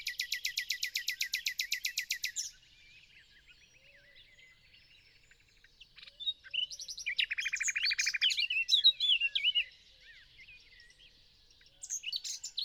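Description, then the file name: Common nightingale song opening with a quick run of repeated notes, a lull, then a rich phrase of varied chirps and a fast rattle. "Luscinia megarhynchos"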